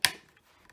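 The second hinged plastic flap of a Starfrit Chop and Dice kitchen gadget is pushed back down and snaps shut with a sharp, bright click at 0.05 s. Two much fainter ticks follow at 0.4 s and 0.7 s. The flap is closed and seated.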